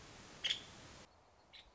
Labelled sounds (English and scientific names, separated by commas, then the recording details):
Nuttall's Woodpecker (Dryobates nuttallii)
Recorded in Sonoma County, California